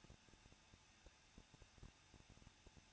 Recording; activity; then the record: daily activity, microphone in the room; no activity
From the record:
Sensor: 2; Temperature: 21.0 degrees Celsius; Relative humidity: 37.5%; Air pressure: 1006.2 hPa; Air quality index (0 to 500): 224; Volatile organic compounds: 25 ppm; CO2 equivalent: 2846 ppm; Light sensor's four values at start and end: 2/3/2/2 and 2/3/2/2